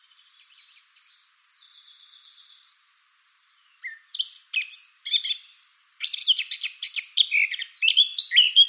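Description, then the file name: Eurasian blackcap song: faint thin sustained notes at first, then after a pause bursts of rapid scratchy warbling with chirps, growing louder and denser toward the end. "Sylvia atricapilla"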